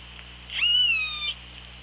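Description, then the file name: Orca call underwater, a single strong harmonic call that rises and then holds level, over background hiss and low hum. Recorded on a hydrophone on 24 August 2017 at 15:57. "Orca Lab"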